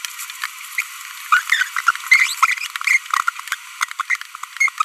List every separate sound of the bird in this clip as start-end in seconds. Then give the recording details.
0.78-0.81, 1.32-1.39, 1.50-1.63, 1.87-1.91, 2.12-2.32, 2.42-2.53, 3.52-3.54, 3.81-3.84, 4.00-4.01, 4.10-4.16, 4.57-4.69. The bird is a female. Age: 25 days. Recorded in a nest box in Venezuela. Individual 17B42B1